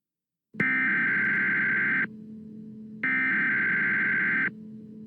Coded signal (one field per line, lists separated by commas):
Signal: Emergency Alert System (SAME) tones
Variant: header bursts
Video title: (EAS SCENARIO) THE POOP MONSTER. MADE BY ME.